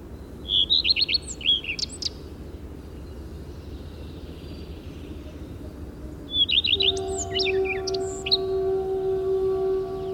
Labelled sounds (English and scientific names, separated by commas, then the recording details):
Common Redstart (Phoenicurus phoenicurus) song
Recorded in the wild
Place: Sinaia, Transilvania, RO
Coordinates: 45.331, 25.562
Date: 1976-05-28 06:25
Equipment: Nagra III BH, Sennheiser MD 21, parabola
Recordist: Schubert, Michael